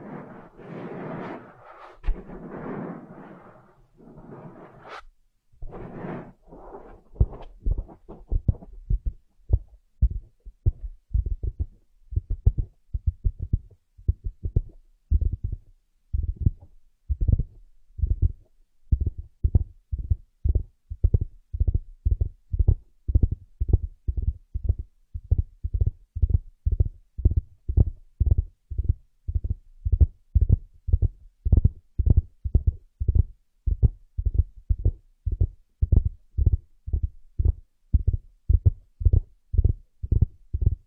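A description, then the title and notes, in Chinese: An ear being massaged: the first eight seconds bring dense, scratchy rubbing and brushing. After that it settles into steady, low, muffled thumps of pressing, about two each second, evenly paced and throbbing like a heartbeat until the end. 按摩耳朵，一些让人放松的声音。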